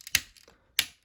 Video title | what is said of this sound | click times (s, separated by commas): Beast Wars DEPTH CHARGE - Via's Toy Reviews #5 | them around on these hinges and they will snap into place that peg in that clip | 0.2 s, 0.8 s